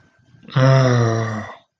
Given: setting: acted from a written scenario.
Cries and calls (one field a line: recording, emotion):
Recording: vocal sound without words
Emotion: sympathy